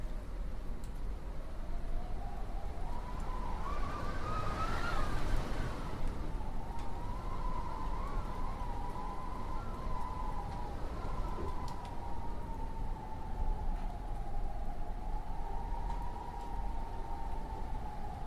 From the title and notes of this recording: Howling Winds. This immersive audio track captures the eerie and haunting sound of winds as they blow through trees, buildings, and across landscapes.